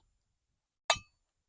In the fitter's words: clic caractéristique.